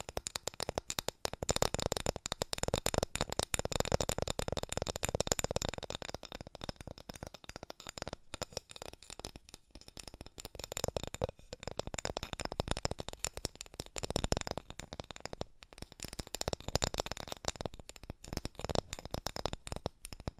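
Fast tapping, a dense run of quick clicky hits that never stops for the full twenty seconds. The taps blur into a crisp, rattling patter like shuffled cards, swelling and thinning slightly in places, with a few brief softer dips around the middle.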